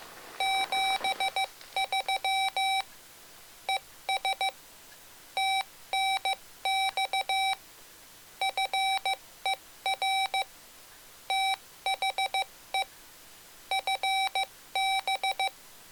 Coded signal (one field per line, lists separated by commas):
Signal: Morse code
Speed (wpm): 15 wpm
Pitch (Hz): 770 Hz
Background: none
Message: 73 ES TNX FER THE FB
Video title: Mr. Rags Macro Keyer - Pt. 3 - Hard Macros & QSO Mode